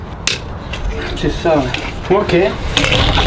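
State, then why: Seated. A plastic-based clip-on Ikea terrace deck tile is pressed onto the adjoining tile's connector and clips in by itself with a sharp snap at 0.3 s, seating the tile. Someone talks over the rest of the clip.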